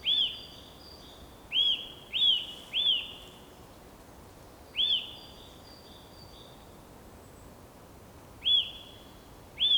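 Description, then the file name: Eurasian nuthatch giving loud, clear upslurred-then-falling notes with a lingering tail, singly or in quick pairs at irregular intervals over a soft background hiss. "Sitta europaea"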